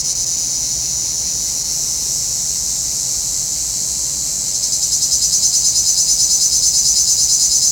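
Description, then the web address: Cicada buzzing, a continuous shrill hiss that breaks into rapid rhythmic pulses in the final few seconds. "Nature Sounds – Nature Chill Out 2014. Sounds from a Rnewood Cicadas"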